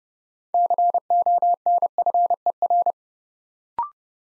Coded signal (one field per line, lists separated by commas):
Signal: Morse code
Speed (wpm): 29 wpm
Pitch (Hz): 700 Hz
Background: none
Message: CONFER